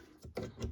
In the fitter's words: and plug them in until they click,